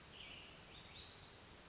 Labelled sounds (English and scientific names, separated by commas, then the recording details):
Western Flycatcher (Empidonax difficilis)
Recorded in Sonoma County, California